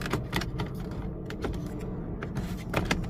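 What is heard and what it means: A repaired multifunction turn signal switch from a Chevy Cobalt, fixed because the turn signal was not canceling, is handled at its mount in the steering column housing, making soft rustling and light plastic taps with two sharper ticks near 2.8 s and 2.9 s. The switch has not yet seated or clicked into place by the end of the clip.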